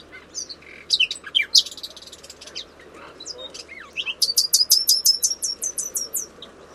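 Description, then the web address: Bird calls: varied high chirps and whistled notes, ending in a fast run of about a dozen sharp repeated high notes, over a steady low background hiss. "Bird Only"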